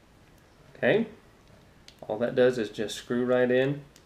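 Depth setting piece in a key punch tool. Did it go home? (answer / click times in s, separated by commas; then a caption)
no / none. Someone talks while handling the depth-setting piece of a Pak-A-Punch A1 Security key punch, which is being screwed into place during a cutter and die change for Schlage SC1 / SC4 keys. A brief faint tick is heard near 1.9 s among the talking. The piece is not yet home, and nothing has seated or clicked into its detent yet.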